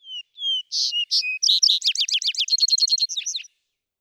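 Vesper sparrow song: two slurred, descending whistled notes, then louder paired notes and a fast, buzzy, twittering trill ending in a few slurred chips.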